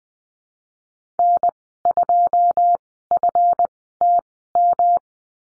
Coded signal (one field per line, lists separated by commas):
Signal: Morse code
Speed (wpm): 20 wpm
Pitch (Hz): 700 Hz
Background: none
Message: N2FTM